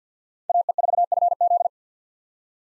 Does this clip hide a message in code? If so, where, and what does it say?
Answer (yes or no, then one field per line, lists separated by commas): yes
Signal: Morse code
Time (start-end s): 0.5-1.7 s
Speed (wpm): 50 wpm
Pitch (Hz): 700 Hz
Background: none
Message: AE4FZ